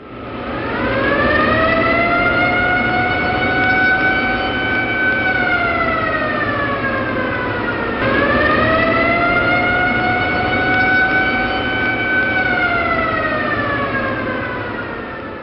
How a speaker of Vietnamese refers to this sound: nhưng đáp lại lão ta không phải tiếng người, mà là tiếng còi hộ cảnh báo có máy bay tập kích thể lương khôn tả vẳng ra từ sâu bên trong.